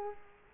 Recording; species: mosquito wingbeat signal from an infrared sensor; Culex quinquefasciatus